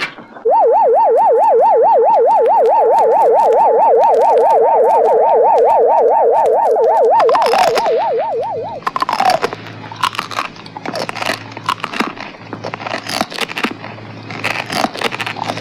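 A haunted-house effect opens with a loud, wavering wail that swoops rapidly up and down for about eight seconds. It breaks off into irregular crackles, scrapes and sharp clicks over a low steady hum, which continue, unevenly, to the end.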